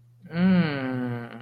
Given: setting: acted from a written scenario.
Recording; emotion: vocal sound without words; anger